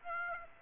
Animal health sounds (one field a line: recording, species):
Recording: mosquito wingbeat signal from an infrared sensor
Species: Aedes aegypti